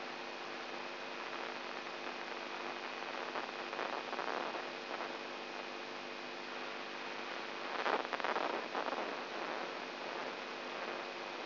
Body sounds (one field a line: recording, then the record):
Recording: brain microelectrode recording played as sound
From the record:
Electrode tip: inside the subthalamic nucleus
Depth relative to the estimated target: 0 mm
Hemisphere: right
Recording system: AlphaMap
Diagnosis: Parkinson's disease